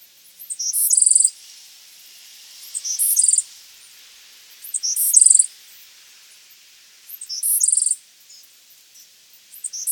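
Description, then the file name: Bewick's wren song: very high, buzzy trilled phrases under a second long, repeated every two to three seconds against a quiet background. "Thryomanes bewickii - Bewick's Wren"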